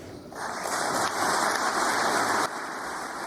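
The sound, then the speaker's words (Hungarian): A storm of applause at Viktor Orbán's inauguration after his oath of office: a dense wash of applause rises within the first half second, holds as a steady, loud crackle of many clapping hands, then drops to a softer clatter for the final stretch. “Epic, taps vihar.”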